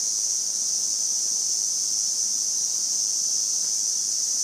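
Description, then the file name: Lyristes bihamatus cicada giving a constant sizzling high whine with no pauses or changes in pitch. "Lyristes bihamatus"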